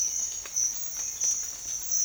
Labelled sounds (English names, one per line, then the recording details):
none
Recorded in secondary vegetation near Puerto Asís, Putumayo, Colombia, on 8 March 2025 at 07:00
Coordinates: 0.499, -76.323
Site G094